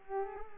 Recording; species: mosquito wingbeat signal from an infrared sensor; Culex pipiens